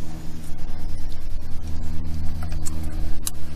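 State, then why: Seated. A vehicle sensor connector on a Honda Pilot is plugged into the plastic socket of an add-on S-VCM controller harness, installed to disable the VCM, and pushed home over a steady low hum with faint rustling. A sharp click at 3.3 s marks the connector seating fully in place.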